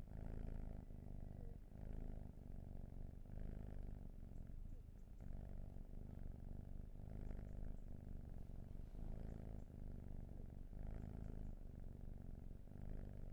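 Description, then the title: Cat purring, a rich low buzz in even, steady breath cycles. "Field Recs Purrathon RAW"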